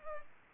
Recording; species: mosquito wingbeat signal from an infrared sensor; Culex pipiens